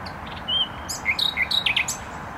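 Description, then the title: Nightingale song: a pure whistled note followed by rapid varied chirps and sharp rising and falling notes, over a steady low roar of traffic. Singing in bushes beside a noisy motorway, Trasa Toruńska, Bródno-Podgrodzie, Warsaw, Poland; recorded on an Olympus LS-11. "Bródno-Podgrodzie, Warszawa, Polska - Trasa Toruńska Nightingale"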